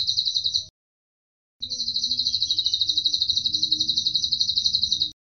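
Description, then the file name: Atlantic canary giving a brief rapid trill, a pause, then a longer even rattling trill at high pitch before stopping abruptly; low hum underneath. Cililin-style canary song, used as fill (isian) for training songbirds. "suara kenari isian cililin omkicau"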